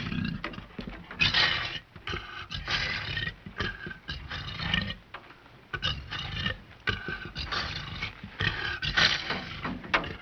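Tiger giving a long run of gravelly growls, choppy bursts that come and go with brief gaps in between.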